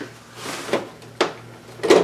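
A plastic LCD retaining frame is worked around the corners of the panel as it is fitted into a TV chassis, making soft scuffing and brief knocking handling sounds near 0.7, 1.2 and 1.9 seconds over a faint steady low hum. The frame is still being handled, and nothing has seated or clicked yet.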